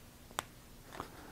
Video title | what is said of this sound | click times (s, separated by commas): Zebra V-301, Fountain Pen Review | post has this little click right there so | 0.4 s